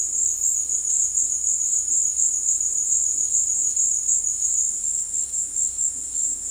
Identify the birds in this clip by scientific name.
none